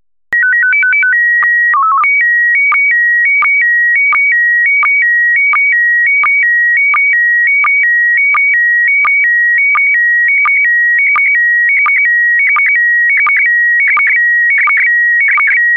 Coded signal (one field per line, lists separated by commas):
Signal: SSTV (slow-scan television)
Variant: PD 90